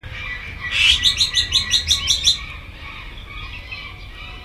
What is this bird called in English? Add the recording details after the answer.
Azure-winged Magpie. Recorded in captivity. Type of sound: call. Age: adult. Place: Tierpark Berlin, Berlin, DE. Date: 1978-04-10 12:38. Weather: sunny, 14°C. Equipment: Uher 4200 Report Stereo, Sennheiser MD 421 HL, Verstärker. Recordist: Tembrock, Günter. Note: Lautfolge. Abstand: 2 m